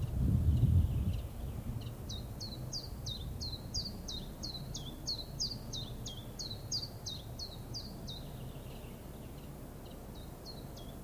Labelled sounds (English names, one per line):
Common Chiffchaff song